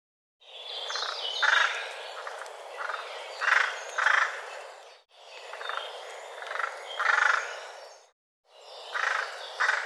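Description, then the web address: Bird giving harsh, rasping call bursts, several short notes repeated irregularly through ten seconds over a steady hiss. "cianscape birddata Deverinetal"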